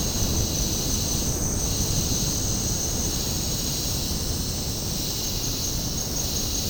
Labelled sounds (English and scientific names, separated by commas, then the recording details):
none
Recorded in secondary vegetation near Puerto Asís, Putumayo, Colombia, on 21 February 2024 at 08:30
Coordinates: 0.489, -76.322
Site G6419